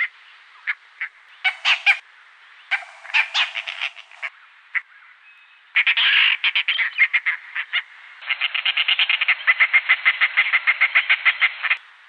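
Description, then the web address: Dollarbird harsh chattering call: scattered rasping notes, then a fast, steady run of grating pulses near the end. Recorded in a garden in Canberra. "canberra-garden-birds kookaburras-kingfishers-bee-eater-and-dollarbird dollarbird"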